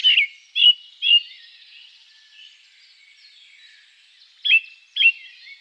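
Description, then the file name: Ring ouzel song: three piping whistles, a pause, then two more. "beflijster ring ouzel"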